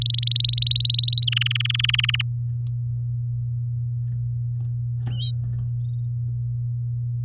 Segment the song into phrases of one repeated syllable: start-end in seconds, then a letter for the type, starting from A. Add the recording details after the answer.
0.01-1.25 A, 1.27-2.22 B. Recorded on 6 May 2018 at 08:28. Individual llb16